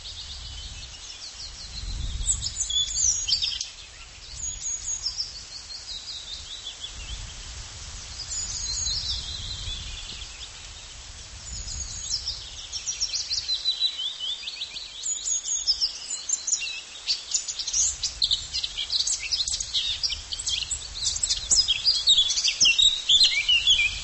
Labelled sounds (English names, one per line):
Eurasian Blackcap song